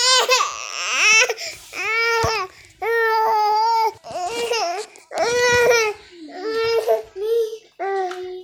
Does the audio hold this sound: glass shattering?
no